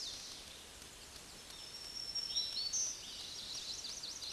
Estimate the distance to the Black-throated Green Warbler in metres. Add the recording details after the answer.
about 35 m. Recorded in a Pennsylvania forest on 20 May 2023 at 06:31. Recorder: AudioMoth, point grid1_14_low. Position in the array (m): 116 m, 127 m